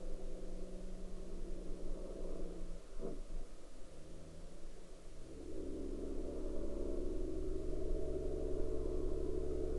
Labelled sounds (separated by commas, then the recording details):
truck
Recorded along the Dempster Highway, Canada, on 24 August 2019 at 20:01
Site 12